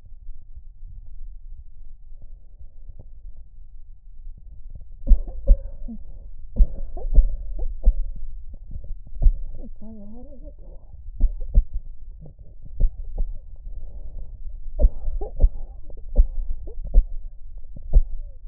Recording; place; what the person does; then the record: lung sounds by stethoscope; left anterior apical chest; quiet breathing, then cough and speech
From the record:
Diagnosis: COPD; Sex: female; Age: 65 years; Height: 156 cm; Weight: 63.9 kg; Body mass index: 26.3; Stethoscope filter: extended mode